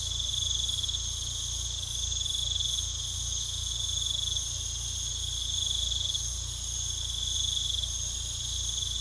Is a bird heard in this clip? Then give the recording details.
no. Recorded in pastures near Puerto Asís, Putumayo, Colombia, on 18 December 2024 at 21:00. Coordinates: 0.486, -76.323. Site GP01